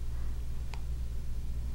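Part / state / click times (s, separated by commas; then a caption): metal jump ring ends closing against each other / seated / 0.7 s. The open ends of a metal jump ring are worked back and forth until they overlap on each side, then pushed together so they snap closed with a single short, bright click at 0.7 s over a steady low hum. The jump ring is now seated shut, its metal work hardened and the gap in the opening closed.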